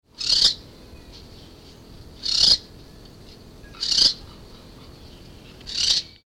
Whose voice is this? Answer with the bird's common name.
Western Barn Owl